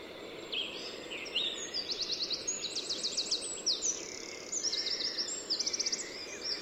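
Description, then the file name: Eurasian wren, a rapid high warble mixing sharp notes with repeated buzzy trills, delivered energetically and almost without pause over a hissing background. "Troglodytes troglodytes"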